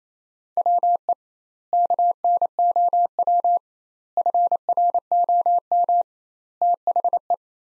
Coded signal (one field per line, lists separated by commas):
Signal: Morse code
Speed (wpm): 27 wpm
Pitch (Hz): 700 Hz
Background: none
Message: WE KNOW FROM THE